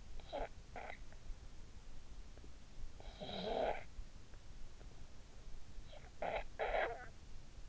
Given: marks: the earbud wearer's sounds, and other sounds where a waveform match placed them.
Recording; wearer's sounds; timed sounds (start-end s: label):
sounds in sleep by an in-ear microphone; snoring breath
0.00-1.25 s: snoring breath
2.65-4.20 s: snoring breath
5.80-7.23 s: snoring breath